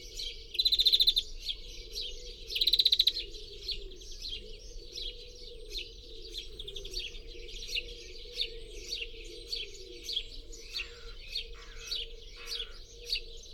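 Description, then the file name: European greenfinch calls: two harsh buzzy wheezes near the start, then a long series of quick high ticking and twittering notes. "Chloris chloris"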